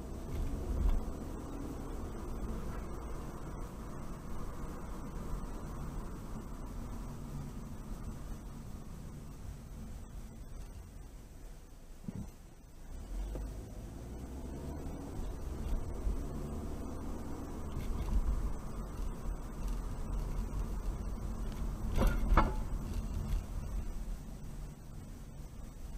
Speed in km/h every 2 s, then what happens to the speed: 27, 32, 32, 26, 16, 6, 8, 19, 29, 31, 29, 24, 15.
0-5 steady at about 32. 5-10 brakes to 6. 11-16 speeds up to 29. 19-26 slows to 15.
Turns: none.